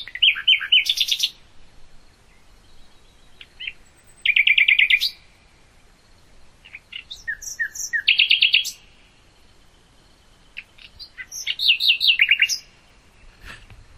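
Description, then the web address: Common nightingale song: separate phrases every few seconds of rapid, repeated high notes, some rattling, others sweet and piping, with short silent pauses between. "hoeren nachtigall"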